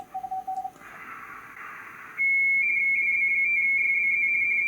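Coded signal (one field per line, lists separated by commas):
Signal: RTTY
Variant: 170 Hz shift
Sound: brief beeps and hiss, then a steady tone turning into rapid two-tone warbling teletype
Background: radio static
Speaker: There. See that? He's calling me. He's giving me 59 California.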